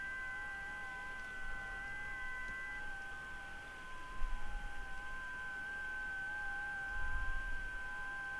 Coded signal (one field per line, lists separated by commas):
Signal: FT8